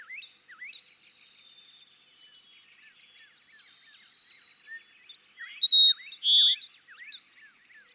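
Cassin's sparrow singing one high phrase of a clear whistle, a rapid trill and spaced closing notes, with faint downslurred chirps running behind it.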